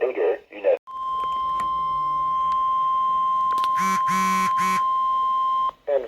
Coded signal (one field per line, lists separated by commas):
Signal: Emergency Alert System (SAME) tones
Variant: 1050 Hz attention tone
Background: speech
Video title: Summers, Severe Weather... EAS Alerts EAS #13 - EAS #24 (EAS Compilation #3)